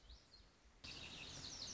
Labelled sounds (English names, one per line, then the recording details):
Lazuli Bunting
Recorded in Sonoma County, California